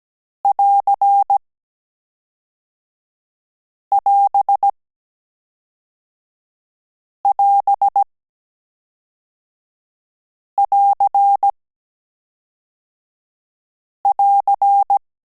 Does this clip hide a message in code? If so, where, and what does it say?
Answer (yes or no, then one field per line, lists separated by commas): yes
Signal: Morse code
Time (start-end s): 0.5-15.0 s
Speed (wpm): 17 wpm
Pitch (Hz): 800 Hz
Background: none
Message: <AR><AS><AS><AR><AR>